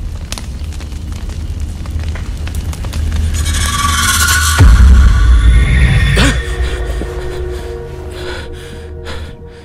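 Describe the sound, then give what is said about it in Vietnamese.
A fire roars with a dense crackling rush that swells midway, broken by a heavy low boom, with faint wailing tones riding over the blaze before it slowly eases off. “Đột nhiên Bình nghe có âm thanh gào thét, tiếng của lửa cháy, cả tiếng khóc thảm thiết của trẻ con.”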